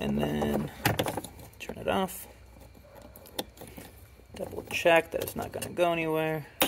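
A replacement trunk light housing for a 2016–2025 Mazda MX-5 ND is pressed into its opening in the plastic trunk trim panel while someone talks. Between the speech there are faint handling taps, with the sharpest around 3.4 s, but the housing has not seated or clicked into place yet.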